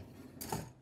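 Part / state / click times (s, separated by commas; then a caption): extendable footrest/recliner section into motorhome leather seat / seated / 0.5 s. The extendable footrest/recliner section of an ultra-leather seat in a 2007 Winnebago Journey 39P diesel pusher motorhome is pushed back in. A brief broadband sliding rustle starts around 0.4 s, followed by a single mechanical click at 0.5 s. The footrest locks in place.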